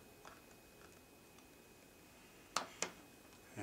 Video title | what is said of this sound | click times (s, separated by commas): Mac Mini (June 2010 Model) Memory Upgrade | and there you go so that's in and then push it down until you hear the clicks and there you go that's that | 2.6 s, 2.8 s